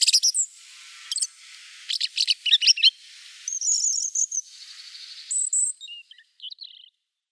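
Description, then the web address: European robin song: bursts of high, thin twittering notes and sweet sustained whistles, shifting pitch between phrases, with short pauses and a few soft trailing notes at the end. "Schulze Peter European Robin song"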